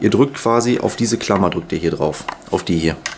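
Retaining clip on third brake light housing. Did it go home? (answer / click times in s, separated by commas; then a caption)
no / none. Someone talks while handling the metal retaining clip on a removed third brake light housing from a Ford Fiesta Mk5, pressing it onto its mount with a screwdriver. Only speech is heard, with no distinct click. Nothing has seated or clicked yet.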